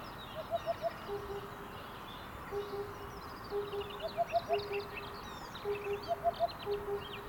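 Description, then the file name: Cuckoo calls: repeated lower paired notes, with occasional faster runs of four higher notes, while other birds twitter faintly in the background. "minutes of cuckoos"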